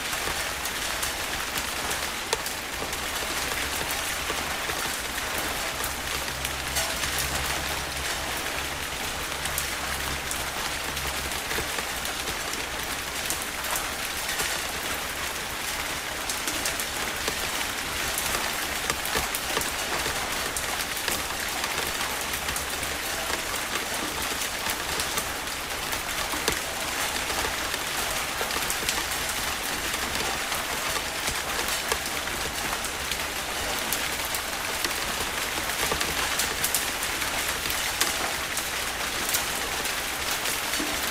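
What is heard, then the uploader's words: Gentle night rain falls in a steady, dense hiss that holds an even level for the whole stretch, with fine pattering drops scattered throughout. A faint low hum rises underneath for a few seconds early on, between about five and twelve seconds. Gentle Night Rain.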